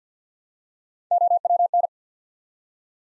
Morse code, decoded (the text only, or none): OWN